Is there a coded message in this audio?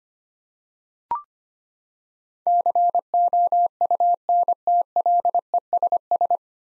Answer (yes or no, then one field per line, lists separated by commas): yes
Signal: Morse code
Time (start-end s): 2.5-6.4 s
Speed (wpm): 25 wpm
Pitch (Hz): 700 Hz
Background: none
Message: COUNTLESS